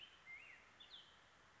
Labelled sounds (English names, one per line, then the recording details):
Black-headed Grosbeak
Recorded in Sonoma County, California